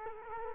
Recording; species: mosquito wingbeat signal from an infrared sensor; Culex quinquefasciatus